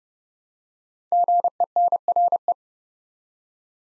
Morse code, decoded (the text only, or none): GENRE